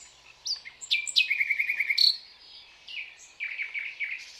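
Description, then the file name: Common nightingale song with sharp upward notes, a loud quick rattle of repeated notes, a pause, then another run of repeated notes. "Luscinia megarhynchos"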